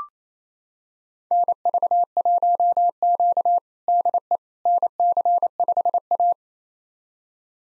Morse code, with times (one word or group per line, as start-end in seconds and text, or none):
1.3-3.6 NV1Q
3.9-4.4 DE
4.7-6.3 NC5A